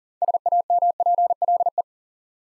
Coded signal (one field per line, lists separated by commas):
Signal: Morse code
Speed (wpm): 40 wpm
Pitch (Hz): 700 Hz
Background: none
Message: SAMPLE